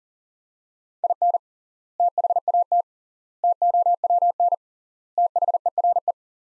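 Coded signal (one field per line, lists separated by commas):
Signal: Morse code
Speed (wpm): 37 wpm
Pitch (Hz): 700 Hz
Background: none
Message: IN THAT TOWN THERE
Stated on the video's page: Morse practice sentences from top 500 words at 40 wpm, with 3x standard word spacing, a Farnsworth-like method.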